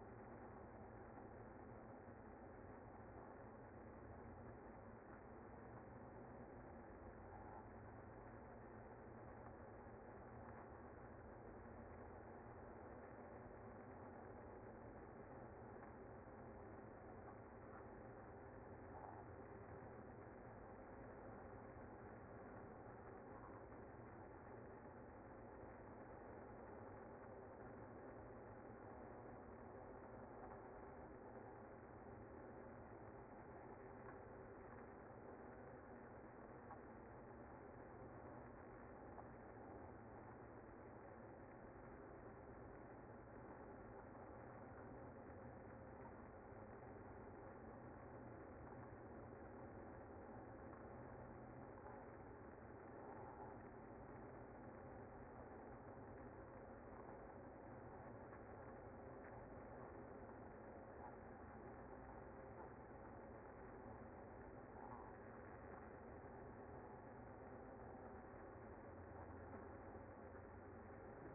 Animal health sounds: honeybee colony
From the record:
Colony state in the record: active

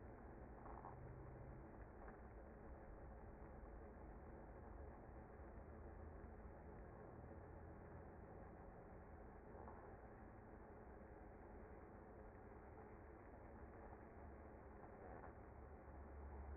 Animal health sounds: honeybee colony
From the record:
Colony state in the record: active

